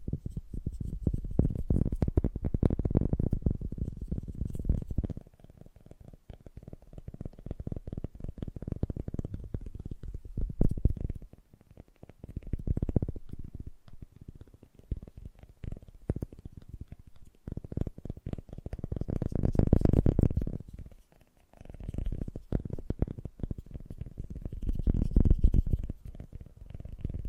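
Fast, gentle tapping runs as dense clusters of soft, dull taps sitting mostly in the low range. It comes in waves, swelling louder around the start, near 20 seconds and again near 25, with brief lulls near 5, 11 and 21 seconds.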